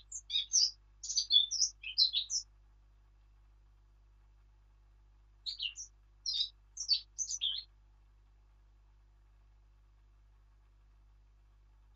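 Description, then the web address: Eurasian blackcap song: two bursts of bright, quick warbling notes separated by a long silent gap. "birdsong Sylvia atricapilla"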